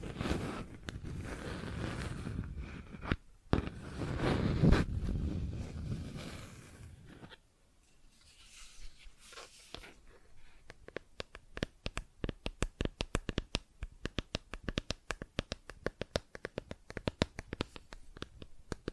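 Plastic objects are scraped and rubbed for the first seven seconds, a dense, rough scratching with low rumble, broken by a brief pause near three seconds. After a quieter stretch, sharp plastic taps begin around ten seconds and continue as a quick, uneven series of bright clicks to the end.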